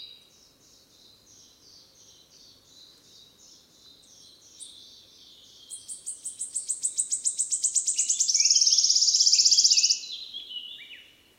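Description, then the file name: Wood warbler song: soft high notes at first, then a run of quickening ticks that builds into a loud, shimmering trill, followed by a few softer notes. Recorded 10 May 2008. "20080510 1117 Phylloscopus sibilatrix"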